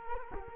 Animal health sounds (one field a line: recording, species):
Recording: mosquito wingbeat signal from an infrared sensor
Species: Culex quinquefasciatus